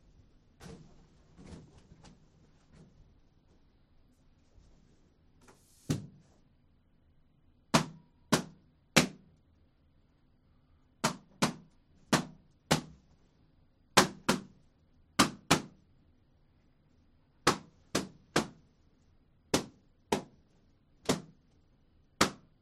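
Things are popped one at a time with a needle: about twenty sharp, bright bangs, starting after softer clicks and rustling in the first five seconds. The pops come at uneven intervals, often in quick pairs or triplets, over a faint, steady low hum.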